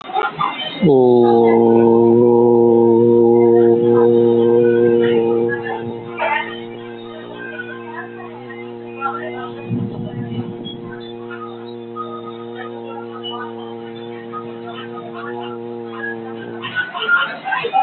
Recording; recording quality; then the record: sustained vowel as in boot; excellent, no background noise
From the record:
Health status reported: healthy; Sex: male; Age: 20 years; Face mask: not worn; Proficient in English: yes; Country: India